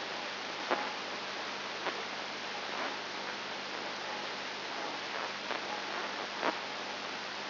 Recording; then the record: brain microelectrode recording played as sound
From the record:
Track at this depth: inside the subthalamic nucleus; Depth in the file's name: 5.101 mm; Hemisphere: left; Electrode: 2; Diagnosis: Parkinson's disease